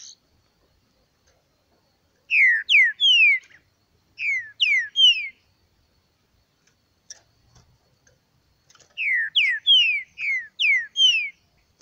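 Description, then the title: Green-winged saltator song: loud downslurred whistled notes in phrases of three to six, repeated three times with quiet gaps between. Kept bird in the bush, singing in competition with a free-living bird. "Trinca Ferro NICÃ O"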